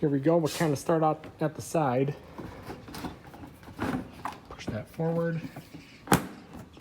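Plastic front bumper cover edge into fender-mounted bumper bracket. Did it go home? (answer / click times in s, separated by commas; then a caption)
yes / 6.1 s. Someone talks while pushing the side of the plastic front bumper cover forward on a 2002 Acura TL/Honda Accord, so the holes in the cover slide over the bumps on the bumper bracket attached to the fender. After a few soft handling sounds and more talk, one sharp, loud click at 6.1 s marks the bumper cover edge seating into the fender-mounted bracket.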